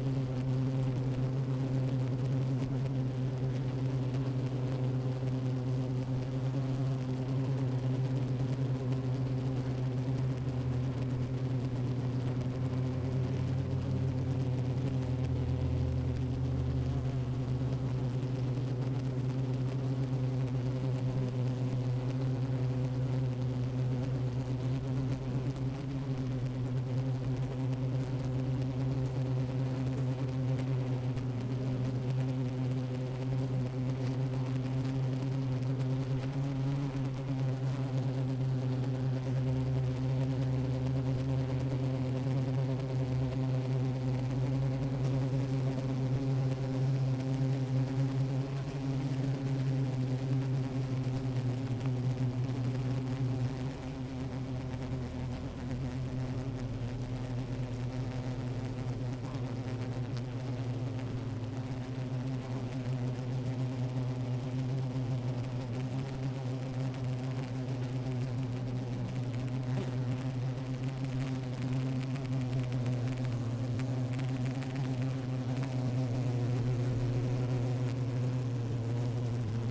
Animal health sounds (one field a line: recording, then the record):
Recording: honeybee colony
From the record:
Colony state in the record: active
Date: 28 July 2017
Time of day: 11:23